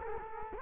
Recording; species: mosquito wingbeat signal from an infrared sensor; Culex quinquefasciatus